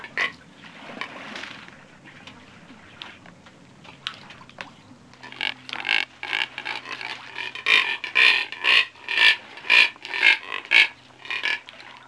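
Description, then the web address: Neotropic cormorant calls: scattered faint clicks and rustles at first, then a steady run of rough, piglike grunts about twice a second, rising in loudness. "Peterson North American Birds. neco"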